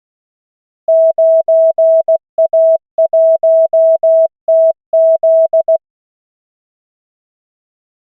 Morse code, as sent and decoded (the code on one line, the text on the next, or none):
----. .- .---- - --..
9A1TZ